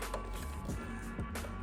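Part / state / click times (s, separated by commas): wire harness connector into rear reflector light socket / not seated / none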